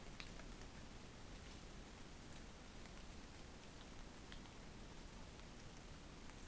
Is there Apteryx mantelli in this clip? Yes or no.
no